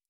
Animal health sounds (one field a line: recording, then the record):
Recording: hydrophone in a shrimp aquaculture tank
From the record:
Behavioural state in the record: stressed